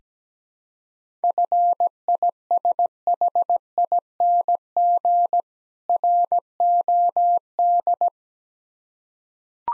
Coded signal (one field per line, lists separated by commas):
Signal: Morse code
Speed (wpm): 17 wpm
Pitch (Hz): 700 Hz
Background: none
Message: FISHING ROD